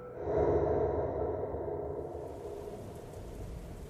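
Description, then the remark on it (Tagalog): A deep rumble of thunder swells in the first couple of seconds, then gives way to a steady wash of heavy rain pouring down, with no voices. “Tapos kasabay ng malakas at bigla ang pagbuhos ng ulan,”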